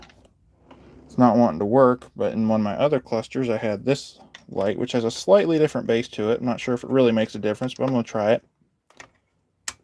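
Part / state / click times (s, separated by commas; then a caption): indicator bulb into gauge cluster socket / seated / 9.7 s. Someone talks while swapping in a replacement indicator light bulb with a slightly different base, taken from another cluster, into its socket in a bus gauge cluster. After the talking stops, faint ticks come at 8.9 and 9.0 seconds, then a sharp click at 9.7 seconds as the bulb seats in the socket.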